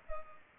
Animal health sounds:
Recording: mosquito wingbeat signal from an infrared sensor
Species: Culex pipiens

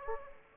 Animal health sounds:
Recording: mosquito wingbeat signal from an infrared sensor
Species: Aedes aegypti

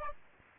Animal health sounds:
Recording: mosquito wingbeat signal from an infrared sensor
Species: Aedes aegypti

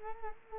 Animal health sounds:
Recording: mosquito wingbeat signal from an infrared sensor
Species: Culex quinquefasciatus

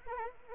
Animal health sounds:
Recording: mosquito wingbeat signal from an infrared sensor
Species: Anopheles arabiensis

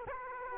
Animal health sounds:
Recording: mosquito wingbeat signal from an infrared sensor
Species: Aedes aegypti

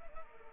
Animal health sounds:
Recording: mosquito wingbeat signal from an infrared sensor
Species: Anopheles arabiensis

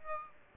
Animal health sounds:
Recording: mosquito wingbeat signal from an infrared sensor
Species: Aedes aegypti

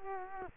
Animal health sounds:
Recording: mosquito wingbeat signal from an infrared sensor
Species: Culex quinquefasciatus

